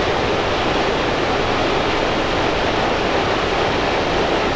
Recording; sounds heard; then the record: poultry house recording; no chicken sound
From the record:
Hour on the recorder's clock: 16